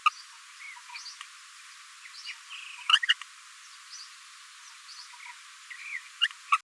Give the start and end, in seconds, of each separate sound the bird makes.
0.05-0.10, 0.93-0.98, 1.05-1.10, 2.23-2.33, 2.89-3.00, 3.02-3.14, 5.71-5.73, 6.52-6.57